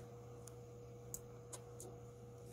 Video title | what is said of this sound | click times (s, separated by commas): Keep your front door safe. Nooie Video Doorbell Camera with Chime - Unboxing and Set Up | that little clicky and uh there there's | 1.1 s